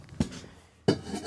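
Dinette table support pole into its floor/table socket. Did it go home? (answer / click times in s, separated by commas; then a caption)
yes / 0.9 s. In a 2026 Winnebago EKKO Sprinter 23B All Wheel Drive Class C, the dinette table support pole is pushed into its floor/table socket while the bed is converted into a seating area. A softer knock comes at about 0.2 s, then a loud, sharp pop at 0.9 s as the pole seats in the socket.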